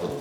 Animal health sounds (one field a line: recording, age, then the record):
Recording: pig call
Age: piglet (1 to 25 days)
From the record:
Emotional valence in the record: positive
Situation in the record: huddling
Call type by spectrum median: low-frequency call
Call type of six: low-frequency stable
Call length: 0.21 s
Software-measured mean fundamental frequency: 61 Hz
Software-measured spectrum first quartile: 341 Hz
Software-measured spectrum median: 487 Hz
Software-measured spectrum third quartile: 973 Hz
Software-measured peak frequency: 435 Hz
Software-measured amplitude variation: 118 dB a second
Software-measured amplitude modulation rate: 21.4 a second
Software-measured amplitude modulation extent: 5.5 dB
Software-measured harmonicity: 0.8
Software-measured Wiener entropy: -0.77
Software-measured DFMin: 1377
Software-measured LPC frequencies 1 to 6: 469, 2727, 3590, 5907, 6972, 7591 Hz